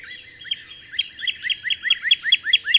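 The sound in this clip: Bird song, a fast steady series of bright rising notes, about five per second, growing louder toward the end.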